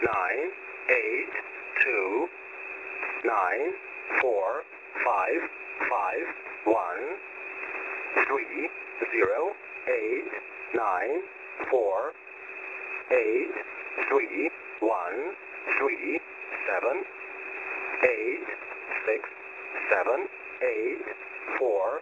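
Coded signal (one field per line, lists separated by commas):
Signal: numbers station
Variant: E07, English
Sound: a man's voice reading single English digits in a steady rhythm over radio hiss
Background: radio static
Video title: 14819kHz USB Russian Number Station E07 calling 288 again (17.08.2024)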